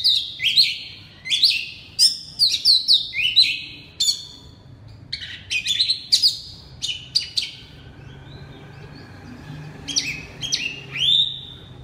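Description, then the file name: Oriental magpie-robin singing loud whistled phrases with sharp sweeps and rising slurs, delivered in bursts with short pauses between them. Loud song in the style called 'ngeplong' in Indonesian. "suara kacer ngeplong keras"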